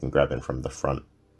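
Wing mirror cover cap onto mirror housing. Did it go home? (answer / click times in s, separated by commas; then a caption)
no / none. A carbon fibre plastic wing mirror cover cap for a VW Polo 6R/6C is pushed from the back and pulled from the front to engage its retaining clips onto the mirror housing. Someone talks throughout, with no distinct click heard. Nothing has seated or clicked yet by the end of the clip.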